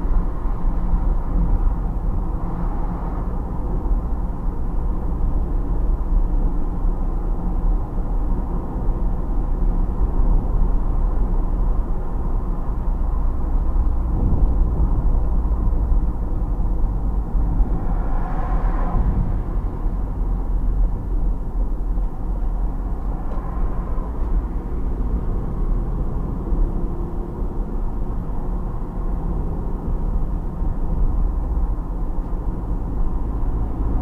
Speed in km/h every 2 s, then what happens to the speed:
62, 62, 61, 64, 64, 66, 66, 64, 57, 51, 48, 46, 44, 50, 53, 57, 57.
0-13 steady at about 64. 13-23 slows to 44. 23-30 speeds up to 57.